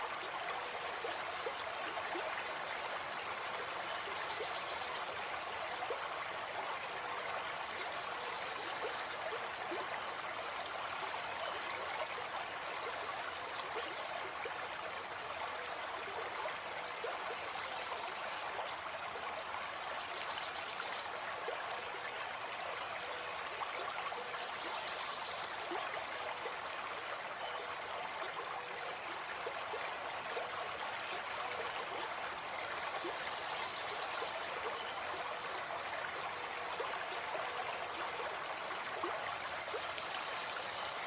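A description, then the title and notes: A river flows steadily and close by, a dense, unbroken rush of water with a bright, hissing quality and little low rumble. The sound holds even for the whole stretch, with only faint shifts of splashing texture around the middle and near the end. River and Nature Ambient Sounds.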